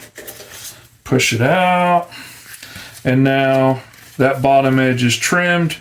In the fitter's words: cut it, bring it back up until I hear that lock click,